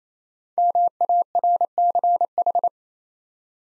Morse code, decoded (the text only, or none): MARCH